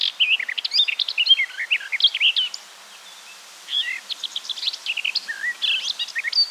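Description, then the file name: Eurasian blackcap warbling song: two bursts of quick, varied whistled phrases separated by a silent gap of about a second. "Sylvia atricapilla"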